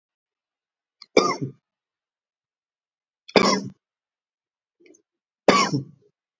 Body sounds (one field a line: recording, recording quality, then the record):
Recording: shallow voluntary cough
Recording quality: excellent, no background noise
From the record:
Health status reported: COVID-19 positive, mild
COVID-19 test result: positive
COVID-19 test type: RT-PCR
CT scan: not taken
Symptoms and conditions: cough, cold, fever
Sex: male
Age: 25 years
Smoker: yes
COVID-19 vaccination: both doses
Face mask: not worn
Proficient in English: yes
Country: India